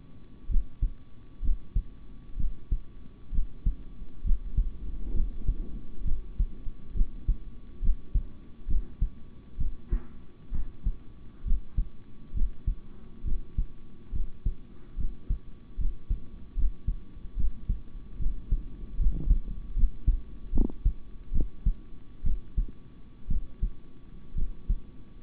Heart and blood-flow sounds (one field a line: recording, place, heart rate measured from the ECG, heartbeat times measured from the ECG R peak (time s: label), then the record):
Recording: heart sounds by stethoscope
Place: between the tricuspid and mitral areas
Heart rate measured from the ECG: 68 bpm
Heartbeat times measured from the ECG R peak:
0.48 s: heartbeat
1.41 s: heartbeat
2.36 s: heartbeat
3.31 s: heartbeat
4.23 s: heartbeat
5.13 s: heartbeat
6.04 s: heartbeat
6.93 s: heartbeat
7.81 s: heartbeat
8.67 s: heartbeat
9.57 s: heartbeat
10.51 s: heartbeat
11.44 s: heartbeat
12.33 s: heartbeat
13.24 s: heartbeat
14.12 s: heartbeat
14.96 s: heartbeat
15.77 s: heartbeat
16.55 s: heartbeat
17.36 s: heartbeat
18.18 s: heartbeat
18.98 s: heartbeat
19.75 s: heartbeat
20.52 s: heartbeat
21.32 s: heartbeat
22.23 s: heartbeat
23.28 s: heartbeat
24.35 s: heartbeat
From the record:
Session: rest, sitting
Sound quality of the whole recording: good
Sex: male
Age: 26 years